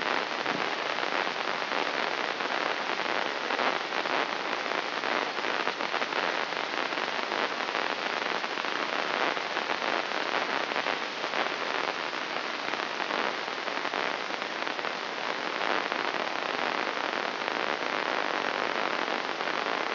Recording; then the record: brain microelectrode recording played as sound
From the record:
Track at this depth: inside the subthalamic nucleus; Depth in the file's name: 1.712 mm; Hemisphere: left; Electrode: 3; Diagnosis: Parkinson's disease